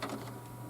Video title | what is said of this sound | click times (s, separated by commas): Dell XPS 8300: How to Install a Full Sized Graphics Card | this, hold it, push it in, snaps into place. That's it. | 0.0 s